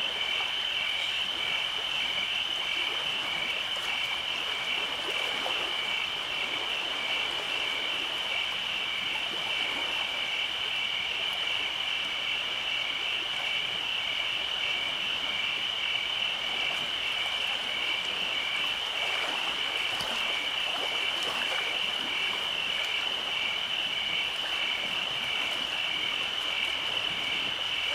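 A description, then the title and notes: Cicadas and crickets trill without pause, a dense, bright, pulsing whine holding steady throughout, with a soft rustling hiss underneath. At night, the nature relieves the pressure of cicadas and crickets.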